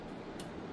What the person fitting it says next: hear that click off